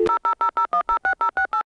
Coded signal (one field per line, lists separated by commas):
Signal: DTMF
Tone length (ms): 100 ms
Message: 0000106068